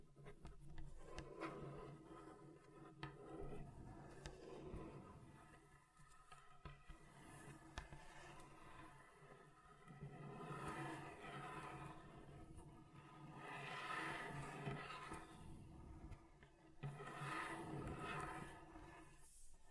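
Scratching on a table surface, a dry raspy rubbing that comes in uneven strokes, louder bursts around 1–3, 10–11, 13–15 and 17–19 seconds. Between them the sound thins to quieter scraping and small ticks, with a low steady hum underneath throughout.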